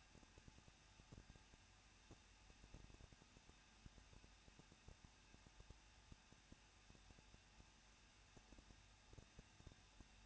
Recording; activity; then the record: daily activity, microphone in the room; no activity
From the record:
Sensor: 2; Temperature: 21.0 degrees Celsius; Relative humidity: 37.3%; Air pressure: 1006.3 hPa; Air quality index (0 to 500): 221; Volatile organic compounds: 23 ppm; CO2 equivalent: 2786 ppm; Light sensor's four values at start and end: 2/3/2/2 and 2/3/2/2